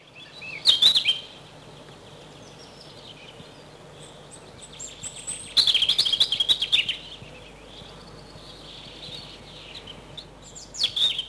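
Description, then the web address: European robin delivering short bursts of high, tinkling warbled song, three louder phrases separated by quieter stretches. Spring recording. "vremena vesna zarjanka"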